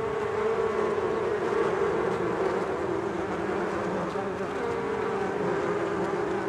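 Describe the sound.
Bees buzzing in a steady, dense drone with a strong low hum that holds constant throughout.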